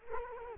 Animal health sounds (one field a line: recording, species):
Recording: mosquito wingbeat signal from an infrared sensor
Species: Culex quinquefasciatus